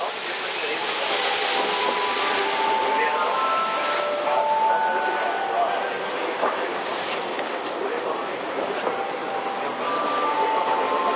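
Onboard a JR E231 series train, a steady, dense rumble and hiss holds level throughout. Thin whining tones rise and glide in the mid range, clearest around three, five and ten seconds, with murmuring voices mixed faintly into the running noise.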